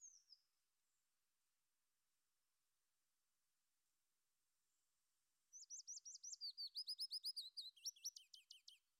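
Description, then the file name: Willow warbler song: after a brief opening note and a long quiet stretch, a fast run of high, sharp, slurred notes begins, dense and rhythmic, filling the final few seconds. Mixed singer combining willow warbler and common chiffchaff song. "Mischs Fitis Zilpzalp"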